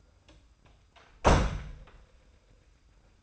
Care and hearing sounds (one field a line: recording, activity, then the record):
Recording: daily activity, microphone in the room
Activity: close door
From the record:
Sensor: 2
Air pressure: 990.3 hPa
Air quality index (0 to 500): 182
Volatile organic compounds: 1000 ppm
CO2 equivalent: 5785 ppm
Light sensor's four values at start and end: 34/81/33/33 and 35/81/33/33